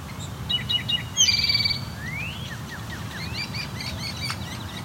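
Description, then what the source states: Great crested flycatcher calls: a grating buzzy burst and an upslurred sweep, then more scattered chirps and sweeps over a steady low urban hum. Several birds, possibly up to four, fighting, then flying off; in an acoustically urban area deeply affected by the many people living around.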